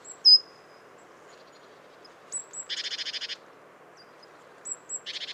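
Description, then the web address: Great tit scolding call: a sharp high note, then paired thin whistles leading into a buzzy rattled churr, repeated at the end. "SETE data Parus major"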